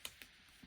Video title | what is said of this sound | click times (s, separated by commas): SOLAR MC4 DIY Solar How To Guide | do you hear that latch so that's latched | 0.0 s, 0.2 s